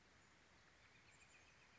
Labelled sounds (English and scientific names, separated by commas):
Chestnut-backed Chickadee (Poecile rufescens)